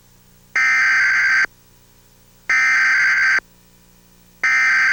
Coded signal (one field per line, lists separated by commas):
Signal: Emergency Alert System (SAME) tones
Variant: header bursts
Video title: EAS Alarm Goes Off During Test Showing Of Burnistoun